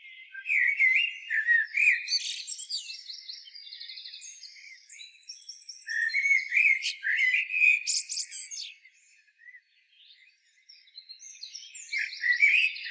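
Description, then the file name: Common blackbird delivering three warbled phrases, rich low fluting notes mixed with squeaky high trills, with a brief silence before the last. "Turdus merula"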